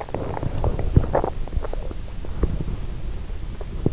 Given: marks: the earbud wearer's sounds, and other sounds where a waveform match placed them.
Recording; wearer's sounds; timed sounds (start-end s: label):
sounds in sleep by an in-ear microphone; swallowing, teeth grinding
0.00-0.64 s: swallowing
0.64-3.27 s: teeth grinding